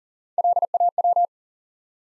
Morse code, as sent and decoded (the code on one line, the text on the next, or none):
.-.. .- .--
LAW